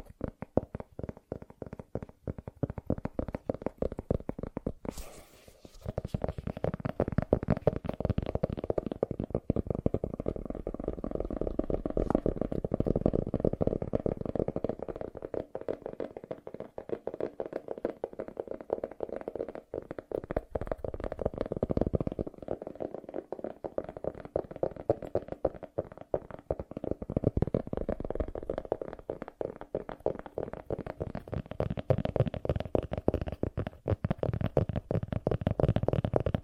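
Fast tapping runs nonstop for the whole stretch, a dense, even stream of quick strikes with a dull, low-weighted thud and little brightness. Near the five-second mark a single sharp, bright knock cuts through and the tapping briefly thins before resuming.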